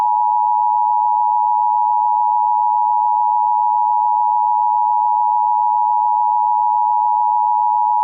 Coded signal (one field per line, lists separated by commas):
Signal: Emergency Alert System (SAME) tones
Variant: 853 and 960 Hz attention tone